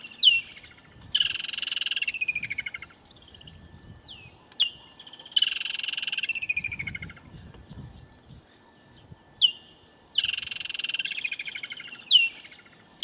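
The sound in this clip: Kingfisher calls: repeated high, shrill trilled bursts that sweep downward, every few seconds, with single piercing descending whistles between them.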